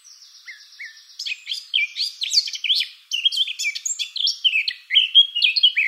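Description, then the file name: Eurasian blackcap song opening with a thin steady high whistle and two short notes, then breaking into a fast, loud, richly varied warble. "Sylvia atricapilla"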